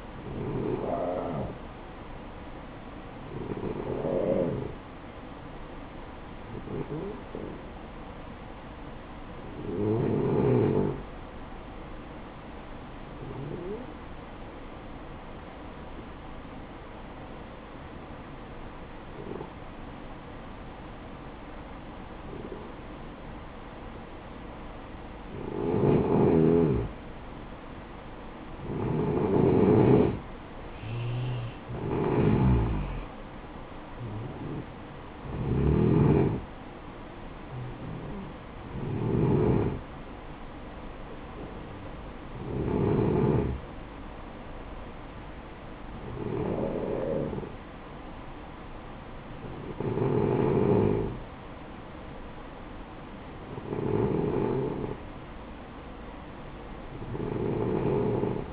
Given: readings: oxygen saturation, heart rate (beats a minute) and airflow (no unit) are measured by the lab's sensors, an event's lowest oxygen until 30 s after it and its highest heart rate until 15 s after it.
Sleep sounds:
breathing in sleep by a voice recorder at the bedside; 1
3.00-26.00 s: hypopnea (N1, oxygen 95% highest, then 89% lowest, heart rate 63 at the start, 66 highest)
12.00-58.53 s: new sleep stage, N2 (light sleep)
From the record:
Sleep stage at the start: N1 (lightest sleep); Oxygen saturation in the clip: 88 to 95%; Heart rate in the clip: 52 to 66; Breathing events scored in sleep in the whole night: 573 in 9.8 hours asleep

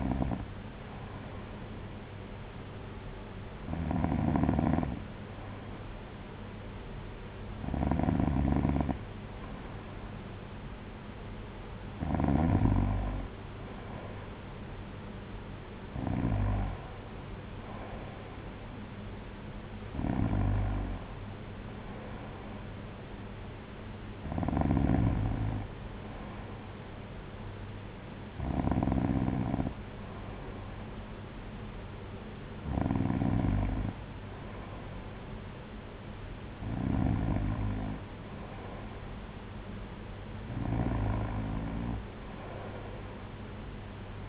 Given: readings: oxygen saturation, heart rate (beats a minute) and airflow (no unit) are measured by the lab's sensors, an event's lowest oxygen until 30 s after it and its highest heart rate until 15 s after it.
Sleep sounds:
breathing in sleep by a voice recorder at the bedside; none
none scored
From the record:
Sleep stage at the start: N2 (light sleep); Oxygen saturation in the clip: 93 to 94%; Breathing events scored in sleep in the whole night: 226 in 8.8 hours asleep

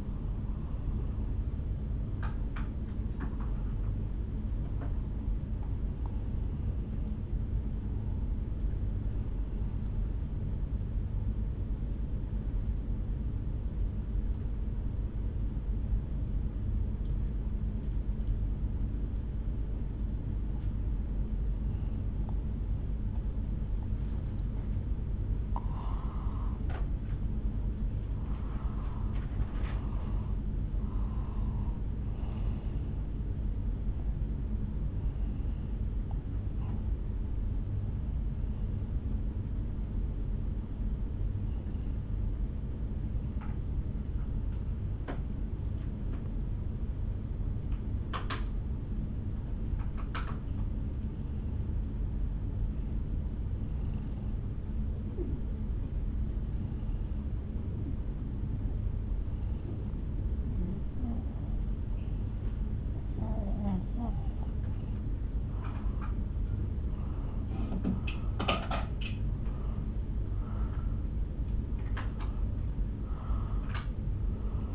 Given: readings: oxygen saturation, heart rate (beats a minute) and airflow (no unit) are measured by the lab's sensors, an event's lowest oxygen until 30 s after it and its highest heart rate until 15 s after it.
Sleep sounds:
breathing in sleep by a smartphone at the bedside; 2
10.00-24.80 s: hypopnea (N1, oxygen 94% highest, then 87% lowest, heart rate 56 at the start, 70 highest)
27.00-57.00 s: new sleep stage, N2 (light sleep)
45.00-65.90 s: hypopnea (N2, oxygen 94% highest, then 84% lowest, heart rate 56 at the start, 73 highest)
57.00-74.75 s: new sleep stage, N1 (lightest sleep)
From the record:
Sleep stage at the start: N1 (lightest sleep); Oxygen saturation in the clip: 87 to 94%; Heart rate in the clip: 56 to 73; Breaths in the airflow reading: 22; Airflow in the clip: -5.7 to 5.5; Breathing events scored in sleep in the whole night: 449 in 7.0 hours asleep

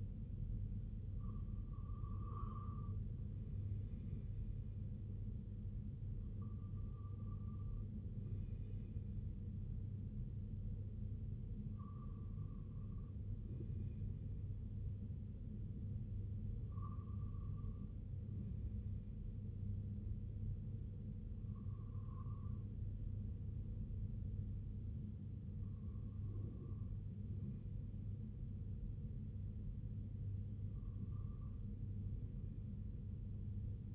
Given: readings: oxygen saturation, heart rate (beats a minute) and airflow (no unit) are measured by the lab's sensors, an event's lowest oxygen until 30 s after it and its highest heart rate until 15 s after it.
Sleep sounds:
breathing in sleep by a smartphone at the bedside; none
none scored
From the record:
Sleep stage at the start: REM sleep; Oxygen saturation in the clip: 95 to 98%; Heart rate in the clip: 61 to 75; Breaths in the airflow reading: 7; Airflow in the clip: -7.0 to 4.0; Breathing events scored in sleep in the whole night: 258 in 7.4 hours asleep

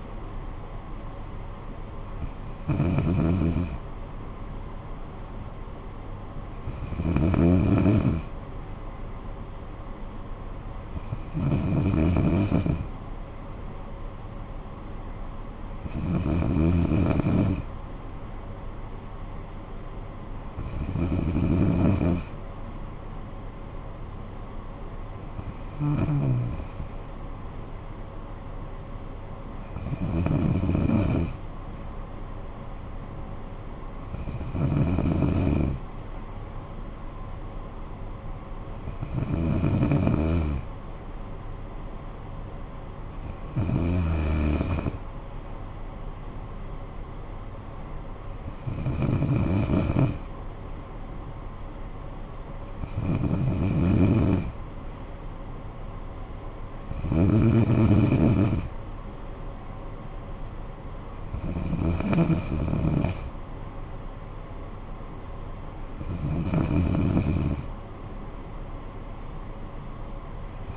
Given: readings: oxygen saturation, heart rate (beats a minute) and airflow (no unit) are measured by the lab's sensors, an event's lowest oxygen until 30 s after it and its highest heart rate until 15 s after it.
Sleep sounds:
breathing in sleep by a smartphone at the bedside; none
69.00-70.77 s: new sleep stage, N3 (deep sleep)
From the record:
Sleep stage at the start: N2 (light sleep); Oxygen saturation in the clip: 94 to 95%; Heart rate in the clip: 53 to 63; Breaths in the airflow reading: 15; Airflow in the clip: -10.7 to 6.1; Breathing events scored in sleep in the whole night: 445 in 7.6 hours asleep

